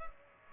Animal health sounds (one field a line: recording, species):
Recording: mosquito wingbeat signal from an infrared sensor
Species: Culex pipiens